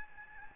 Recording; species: mosquito wingbeat signal from an infrared sensor; Aedes albopictus